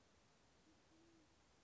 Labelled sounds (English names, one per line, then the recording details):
Band-tailed Pigeon
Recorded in Sonoma County, California